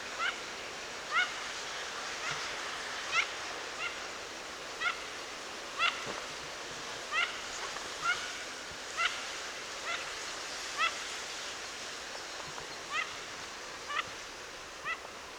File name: Mandarin duck